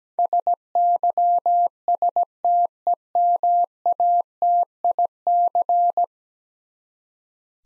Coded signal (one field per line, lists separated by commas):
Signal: Morse code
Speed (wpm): 17 wpm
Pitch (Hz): 700 Hz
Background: none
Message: SYSTEMATIC